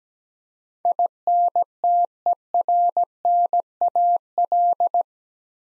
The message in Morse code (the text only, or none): INTERNAL